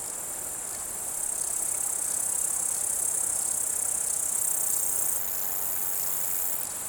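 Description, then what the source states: Upland green bush-cricket stridulation: a shrill high buzz starting after about a second and holding steady for about four seconds, over a dense background of insect stridulation. Tettigonia cantans stridulating in an alpine pasture, Vallon de Combeau, Vercors, 7 August 2020 at 16:10; Nagra Seven recorder with B&K omni microphone.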